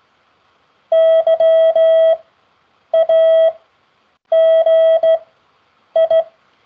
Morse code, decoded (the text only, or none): YAGI